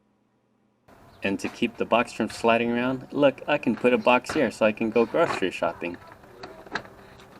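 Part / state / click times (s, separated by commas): cargo-area panel or spacer into the hatchback trunk trim / seated / 6.8 s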